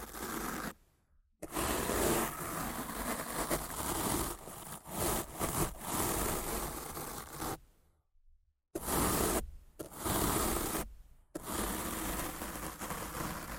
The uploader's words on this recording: ASMR Rough Mic Scratching & Brushing (No Talking).